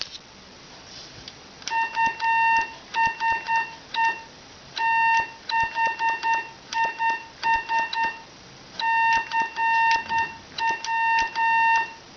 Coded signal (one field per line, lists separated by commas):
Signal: Morse code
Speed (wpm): 10 wpm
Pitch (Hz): 910 Hz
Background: none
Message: USE THIS CW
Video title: CW Thoughts... by Howard WB2UZE - Polar DX